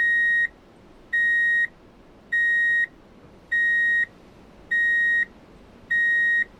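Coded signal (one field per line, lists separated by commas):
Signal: alarm pattern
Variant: vehicle reverse beeper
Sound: six evenly repeating steady high beeps, about half a second each, with short gaps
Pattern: 6 short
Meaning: The vehicle is in reverse gear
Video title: Drive in Reverse Beep Alert - Sound Effects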